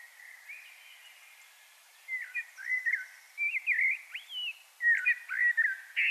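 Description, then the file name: Common blackbird delivering a run of varied fluted notes and twisting warbles over several seconds, with a faint hiss behind. "Turdus merula"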